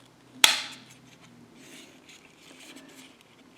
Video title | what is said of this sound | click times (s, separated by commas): Eaglemoss Build the Nissan GT-R #27 | And as you heard, that snapped all together. | 0.4 s